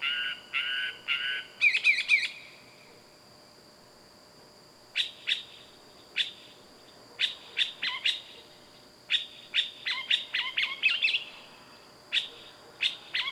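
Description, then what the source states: Bird calling with sharp high chirps and brief trilled bursts, some in quick clusters, separated by pauses, over a faint steady hum. Loud bird calls at night.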